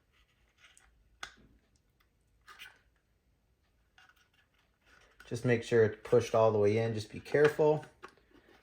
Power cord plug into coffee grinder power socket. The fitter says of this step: back in so it'll just snap right in